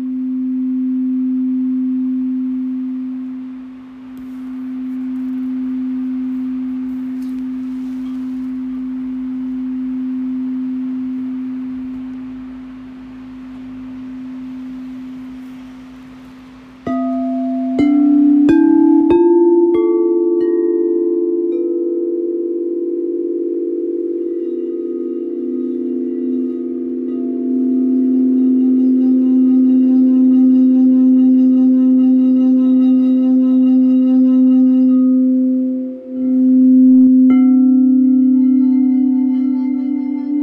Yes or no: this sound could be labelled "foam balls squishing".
no